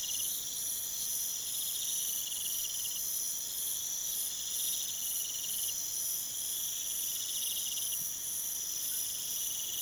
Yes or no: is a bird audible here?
no